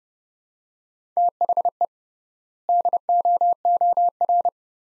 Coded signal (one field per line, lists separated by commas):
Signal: Morse code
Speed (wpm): 29 wpm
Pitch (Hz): 700 Hz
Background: none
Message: THE DOOR